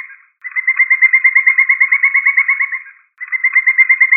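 Woodpecker delivering one full rapid run of steady notes, flanked by the tail of one run and the start of another.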